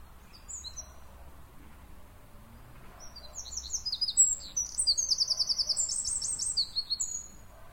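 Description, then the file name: Eurasian wren singing after a few thin introductory notes, then a loud, hurried outpouring of high twitters and buzzy trills lasting roughly four seconds. "Troglodytes troglodytes"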